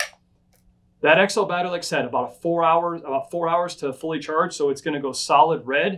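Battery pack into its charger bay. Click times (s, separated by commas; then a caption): 0.0 s. An XL rechargeable battery pack is dropped into a single-bay charger and latches into its bay with a click at 0.0 s. After a short quiet pause, someone talks for the rest of the clip. The battery is seated in the charger.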